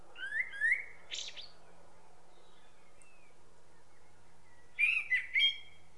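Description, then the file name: Common blackbird song: two low fluty rising whistles followed by a high squeaky flourish, then a pause and another phrase of fluted notes ending in twittering. "Turdus merula"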